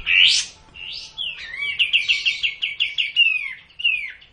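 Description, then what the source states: Cililin song: a loud opening whistle and a slurred note, then a rhythmic series of about eight bright repeated notes, ending in two downslurred whistles. Song in the kapas tembak style.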